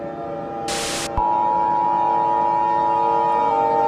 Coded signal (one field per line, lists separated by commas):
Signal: Emergency Alert System (SAME) tones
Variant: 853 and 960 Hz attention tone